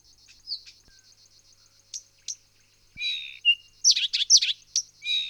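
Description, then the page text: Songbird song: a faint high rapid trill, then louder scratchy chirps and sharp notes in quick bursts. Songbirds of Australia. "Спокойствия звуки садов - 11. Певчие птицы Австралии"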